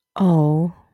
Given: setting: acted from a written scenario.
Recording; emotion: vocal sound without words; sympathy